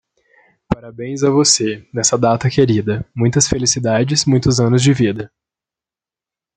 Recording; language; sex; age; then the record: short text; Brazilian Portuguese; male; 20 to 29 years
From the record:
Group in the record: control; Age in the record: 25 years